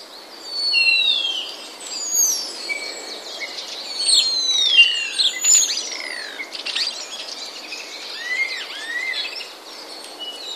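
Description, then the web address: Common Starling song: many varied slurred whistles, some rising and some falling, mixed with clicks and brief rattles in a rambling sequence. "wroblowe ptaki sturnus vulgaris. wroblowe ptaki szpak"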